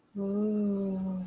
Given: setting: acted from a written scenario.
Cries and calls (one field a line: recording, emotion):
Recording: vocal sound without words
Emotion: awe